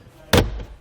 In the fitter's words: We're just going to kind of push it back in and up until it snaps into place.